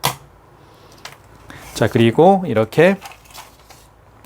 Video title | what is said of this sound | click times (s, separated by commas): 설치문의 1522-7221 무선카드단말기 KCP-P4100Q 기능과 사용법 | 그래서 가운데를 눌러주세요. 그러면 딱 소리가 납니다. | 0.1 s